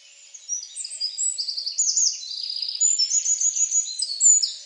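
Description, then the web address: Bird calls, a busy string of high whistled chirps and short buzzy trills, overlapping and continuous throughout. "Deverinetal 2025 File origin Bird Only"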